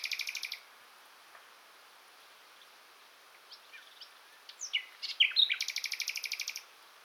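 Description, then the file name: Common nightingale singing a dry, buzzy rattle of rapid repeated notes, a quiet gap with scattered soft notes, then a sharp whistled flourish leading into another long rattling trill. "Luscinia megarhynchos"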